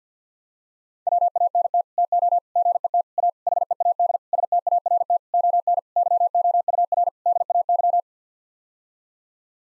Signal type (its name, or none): Morse code